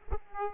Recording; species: mosquito wingbeat signal from an infrared sensor; Aedes aegypti